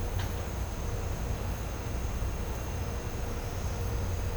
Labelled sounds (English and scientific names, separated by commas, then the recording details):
none
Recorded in pastures near Puerto Asís, Putumayo, Colombia, on 20 December 2024 at 11:30
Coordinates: 0.502, -76.324
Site G077